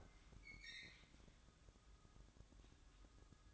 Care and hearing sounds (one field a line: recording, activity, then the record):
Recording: daily activity, microphone in the room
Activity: open fridge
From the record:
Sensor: 3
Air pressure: 1007.7 hPa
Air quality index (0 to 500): 58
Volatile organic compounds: 1 ppm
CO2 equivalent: 604 ppm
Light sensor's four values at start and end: 14/32/14/14 and 14/32/14/14